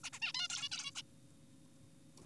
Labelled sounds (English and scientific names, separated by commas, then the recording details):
Zebra Finch (Taeniopygia guttata)
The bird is an adult
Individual g4p5U